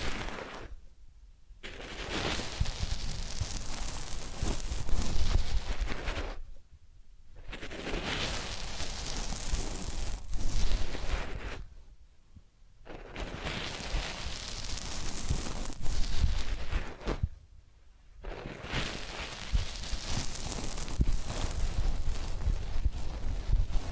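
Ear cleaning and massage sounds come as long crackling, rustling strokes, each lasting about four seconds and growing brighter as it goes. Short quiet gaps separate them, roughly every five to six seconds. Soft low thumps sit under the scratchy texture throughout.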